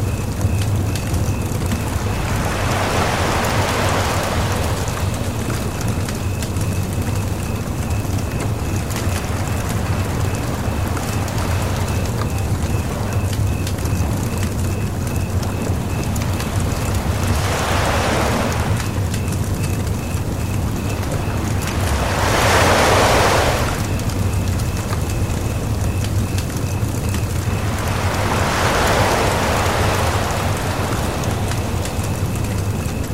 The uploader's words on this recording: Bonfire at the Beach. This episode takes you to a peaceful night at the beach, where you can hear the soothing sounds of a crackling bonfire, the gentle lapping of waves against the shore, and chirping crickets. There is no dialogue or voice in this episode.